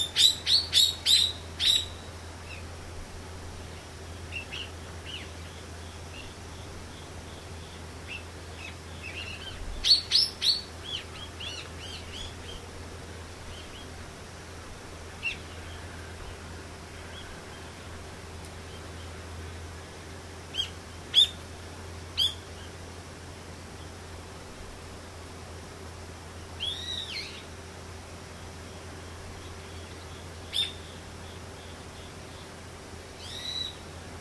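Birds call in short, bright bursts: a cluster of sharp chirps in the first two seconds, another around ten seconds, then scattered single notes and a few rising whistles near 27 and 34 seconds. A steady low hum and a faint even tone run underneath throughout.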